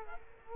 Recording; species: mosquito wingbeat signal from an infrared sensor; Culex quinquefasciatus